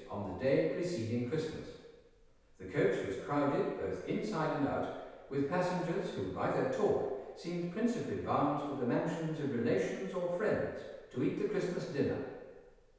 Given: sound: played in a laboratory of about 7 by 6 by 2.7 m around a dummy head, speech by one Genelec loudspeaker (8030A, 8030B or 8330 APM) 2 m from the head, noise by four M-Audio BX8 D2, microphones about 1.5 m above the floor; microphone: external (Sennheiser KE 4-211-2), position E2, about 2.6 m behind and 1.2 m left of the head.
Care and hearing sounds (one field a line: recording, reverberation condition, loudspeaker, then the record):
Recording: male speech in English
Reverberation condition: high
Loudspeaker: 30 degrees to the left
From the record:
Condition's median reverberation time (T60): about 1300 ms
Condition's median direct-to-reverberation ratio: about -4.0 dB